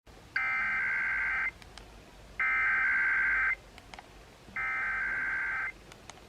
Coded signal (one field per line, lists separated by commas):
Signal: Emergency Alert System (SAME) tones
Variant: header bursts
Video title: Wednesday Morning Monthlies (EAS #3168-3169)